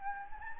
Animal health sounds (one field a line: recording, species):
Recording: mosquito wingbeat signal from an infrared sensor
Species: Anopheles gambiae